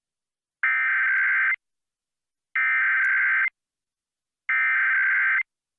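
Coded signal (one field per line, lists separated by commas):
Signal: Emergency Alert System (SAME) tones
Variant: header bursts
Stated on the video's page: Test of Vermont's Blue Alert EAS system.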